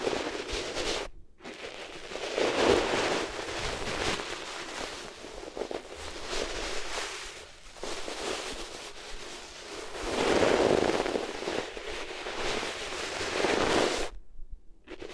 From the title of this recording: Rubbing Your Ears on Different Materials